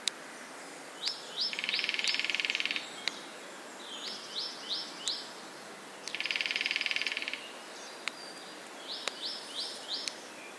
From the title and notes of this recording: Accompanied by the sound of a ticking clock, created by breaking the twigs of trees killed by climate change. A soundscape of ancient woodlands, recorded throughout the year. Accompanied by the sound of a ticking clock, created by breaking the twigs of trees.